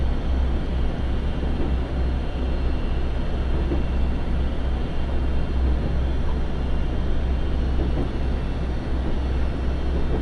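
Aboard the Ai Yoshinogawa trolley train on the Tokushima Line, a steady, dense low rumble continues unbroken, with an even hiss above it.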